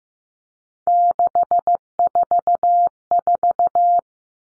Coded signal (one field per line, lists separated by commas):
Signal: Morse code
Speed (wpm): 15 wpm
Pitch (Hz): 700 Hz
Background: none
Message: 644